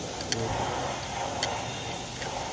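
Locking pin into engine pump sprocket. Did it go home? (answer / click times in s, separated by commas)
yes / 0.3 s, 1.4 s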